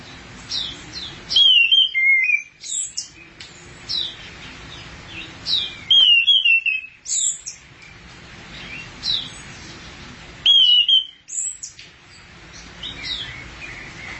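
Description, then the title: Thrush song of similar twisting whistled phrases repeated every few seconds, each followed by short high notes, with quiet gaps between. "burung anis x"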